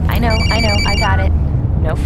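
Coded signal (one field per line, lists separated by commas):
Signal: none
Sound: a phone ringing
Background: speech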